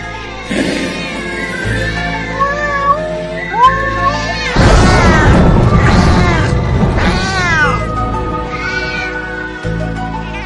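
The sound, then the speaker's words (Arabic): A cat meows repeatedly, its cries sliding up and down in pitch, building into drawn-out, wavering yowls in the middle before easing back to shorter meows over a low background hum. “هذا الكائن البريء الناس كتير جدا بتحبه، لكن الأساطير لم ترحمه وجعلته كائن شؤم، رمز أحيانا للنحس وأحيانا كثيرا رمز للشر وللسحر.”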